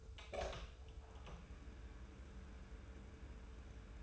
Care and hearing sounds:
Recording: daily activity, microphone in the room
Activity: open door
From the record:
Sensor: 2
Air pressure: 1015.0 hPa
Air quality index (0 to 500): 130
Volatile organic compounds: 4 ppm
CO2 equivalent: 1677 ppm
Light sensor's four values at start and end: 13/35/14/15 and 13/35/14/15

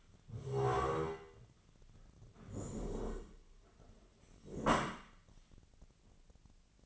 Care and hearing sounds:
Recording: daily activity, microphone in the room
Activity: stand up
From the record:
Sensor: 4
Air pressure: 1013.0 hPa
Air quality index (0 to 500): 175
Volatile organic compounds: 2 ppm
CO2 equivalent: 1106 ppm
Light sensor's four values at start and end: 53/131/55/59 and 53/130/55/59

